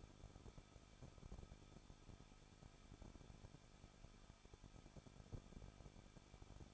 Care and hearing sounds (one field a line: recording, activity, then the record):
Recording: daily activity, microphone in the room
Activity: no activity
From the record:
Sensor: 5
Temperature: 20.9 degrees Celsius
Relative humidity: 38.1%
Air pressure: 1006.4 hPa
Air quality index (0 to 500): 187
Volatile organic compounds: 18 ppm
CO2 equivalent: 2624 ppm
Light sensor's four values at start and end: 2/3/1/1 and 2/3/1/1